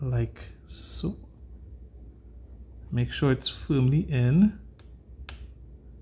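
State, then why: Seated. Someone talks while a new NVMe M.2 SSD is pushed firmly into the M.2 slot on a Lenovo Flex 5 4500U laptop motherboard. A sharp, short click is heard at 5.3 s as the drive seats in the slot.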